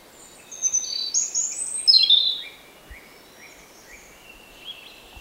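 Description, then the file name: European robin gives a high, tumbling warbled phrase that sweeps down, then fades into faint thin twitters for the remaining seconds. "Erithacus rubecula"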